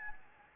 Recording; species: mosquito wingbeat signal from an infrared sensor; Anopheles gambiae